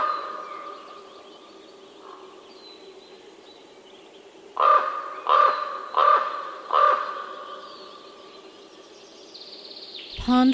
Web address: bird raven